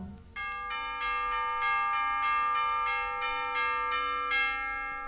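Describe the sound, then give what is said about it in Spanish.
Bells strike six o'clock in a steady series of strokes, about six, each bright metallic tone overlapping the last so the chime hums continuously, with no voices. “Son las seis, las campanas dan dindón, te lo dicen en canción.”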